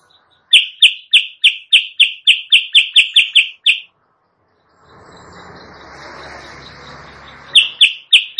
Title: Masteran Kutilang Sutra. suara pikat kutilang sutra kutilang sutra gacor